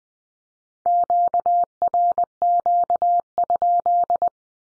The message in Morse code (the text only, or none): QRQ?